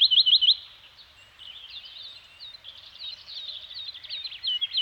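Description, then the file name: Birds with a burst of quick sharp notes at the start, then softer jumbled chirps and twitters from several singers. Birds singing in a Scandinavian forest. "Nature Soundscape - Scandinavian Forest Environment with Birds Singing"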